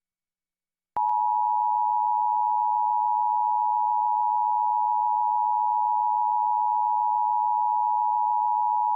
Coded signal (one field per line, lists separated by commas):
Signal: Emergency Alert System (SAME) tones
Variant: 853 and 960 Hz attention tone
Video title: NMPBS KNME-TV Emergency Alert System 2/10/2021